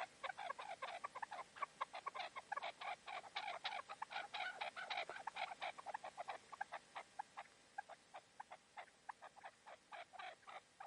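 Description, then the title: Partridge or tinamou calling in a fast series of short, sharp clucking notes, bursting in quick runs and slowing slightly toward the end. "Canto de Perdiz. CANTO DE LA PERDIZ"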